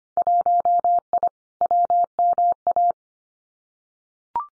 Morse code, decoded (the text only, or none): 1I WMA